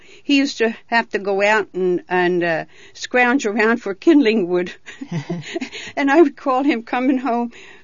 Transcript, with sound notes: He used to have to go out and scrounge around for kindling wood. ( they laugh ) And I would call him coming home,